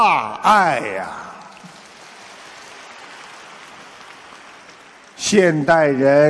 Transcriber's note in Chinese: 掌声